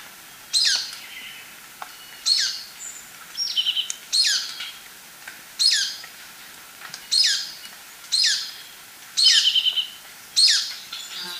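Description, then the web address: Golden-crowned Flycatcher calls, shrill squeaky notes that drop in pitch, repeated about every one to two seconds, with a few short chattering notes between. Recorded in Ecuador. "Natures Songs S America Birds of Ecuador Golden-crowned Flycatcher"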